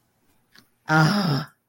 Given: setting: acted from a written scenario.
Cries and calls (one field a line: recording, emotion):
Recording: vocal sound without words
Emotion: relief